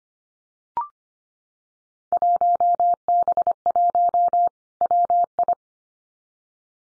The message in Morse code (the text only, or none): 1B1 WI